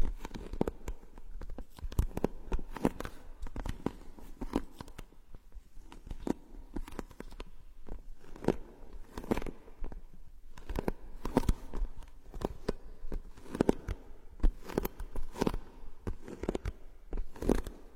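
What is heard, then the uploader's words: Haircut sounds: sharp, irregular snips and crackly rustles come every second or so across the whole stretch, over a quiet hiss. ASMR haircut.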